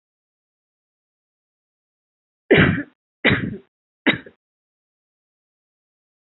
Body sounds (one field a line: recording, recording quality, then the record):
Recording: shallow voluntary cough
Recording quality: excellent, no background noise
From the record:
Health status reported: healthy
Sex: female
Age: 21 years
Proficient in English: yes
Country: India